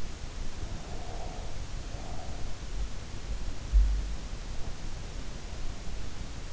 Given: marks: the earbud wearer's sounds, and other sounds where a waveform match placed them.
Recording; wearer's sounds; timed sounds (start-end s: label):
sounds in sleep by an in-ear microphone; breath
0.42-2.43 s: breath